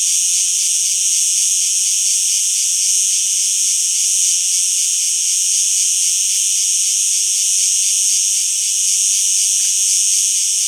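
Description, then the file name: Cicada song, a loud, steady, high-pitched buzzing drone with a fine pulsing texture, unbroken throughout. "Insectes-2 Cigales"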